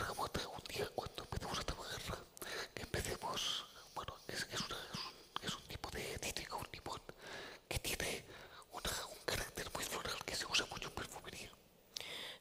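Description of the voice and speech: Adult man speaking Spanish in a near-whisper without real vocal tone. Spasmodic dysphonia (laryngeal dystonia), a neurological condition that causes involuntary spasms of the larynx.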